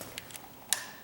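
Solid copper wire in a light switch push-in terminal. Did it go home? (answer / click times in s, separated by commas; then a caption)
released / 0.7 s. A screwdriver pushes down on the release slot of a 3-way wall switch's push-in (backstab) terminal holding a solid copper wire. A few faint ticks come first, then a sharp, bright click at 0.7 s as the terminal lets go and the copper wire comes out, released.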